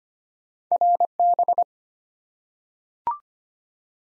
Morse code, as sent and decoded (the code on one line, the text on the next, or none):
.-. -...
RB